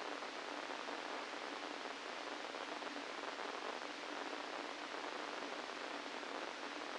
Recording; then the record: brain microelectrode recording played as sound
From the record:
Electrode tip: inside the subthalamic nucleus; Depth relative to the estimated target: 0 mm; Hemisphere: left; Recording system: NeuroSet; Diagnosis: Parkinson's disease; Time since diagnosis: 17 years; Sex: male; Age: 64 years